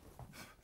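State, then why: Released. A folded collapsible top hat (chapeau claque, an opera hat) is popped open, and its spring struts snap into the open position with one sharp clack at 0.2 s. The hat is released and stands open.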